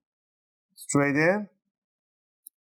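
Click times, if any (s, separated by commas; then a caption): 2.5 s. Someone talks as the touchpad ribbon cable of an HP Pavilion x360 13-u108 laptop is slid straight into its ZIF connector on the motherboard and the locking flap is pressed down. A single short, sharp tick sounds at 2.5 s, and the cable is seated with the connector latch locked down.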